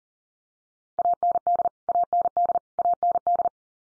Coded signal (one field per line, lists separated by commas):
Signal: Morse code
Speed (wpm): 40 wpm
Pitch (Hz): 700 Hz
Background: none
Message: AND AND AND